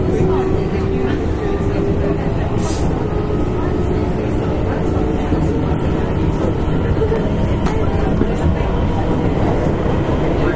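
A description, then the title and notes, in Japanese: A steady running sound recorded inside an electric train, with a dense low rumble from the wheels and track filling the whole time. Faint voices murmur underneath, and a few brief clicks and squeaks stand out, one sharper near the three-second mark. 京阪電車 6000系 急行 枚方市から祇園四条まで。京阪電気鉄道 6000系電車の走行音です。急行列車にて録音しました。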